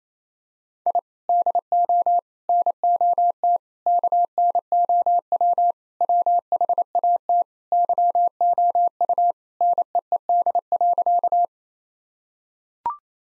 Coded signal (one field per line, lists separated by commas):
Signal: Morse code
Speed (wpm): 28 wpm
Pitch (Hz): 700 Hz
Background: none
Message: I DO NOT KNOW WHAT YOU NEED.